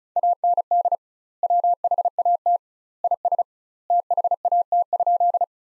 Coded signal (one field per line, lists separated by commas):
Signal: Morse code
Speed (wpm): 35 wpm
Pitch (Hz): 700 Hz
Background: none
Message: AND WHAT IS THAT?